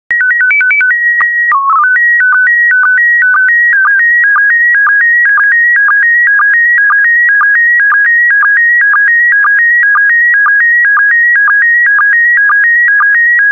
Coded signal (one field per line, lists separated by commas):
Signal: SSTV (slow-scan television)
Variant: PD 120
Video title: 50068 California Parks SSTV PD120